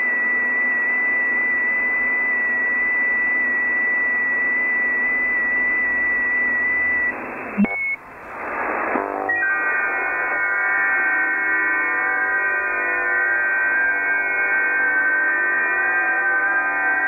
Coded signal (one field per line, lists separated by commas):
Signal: FT8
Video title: #SHORT YC0SJA Combining uSDX with HDSDR and JTDX FT8